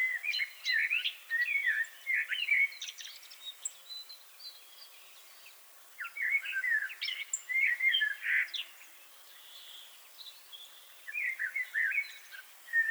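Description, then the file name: Common blackbird song, three bursts of quick warbled and chattering notes separated by pauses. "Turdus merula"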